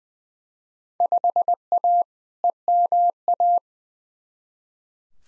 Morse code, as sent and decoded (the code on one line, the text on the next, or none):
..... .- / . -- .-
5A EMA